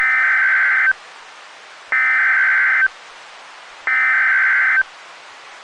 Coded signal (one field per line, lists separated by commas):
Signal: Emergency Alert System (SAME) tones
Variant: header bursts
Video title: EAS #13 [TOR] WXK91 Topeka, KS 5/28/19 6:18 PM CDT